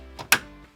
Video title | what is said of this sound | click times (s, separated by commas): Computer UPGRADE video 2022 | ah there's the satisfying click over | 0.3 s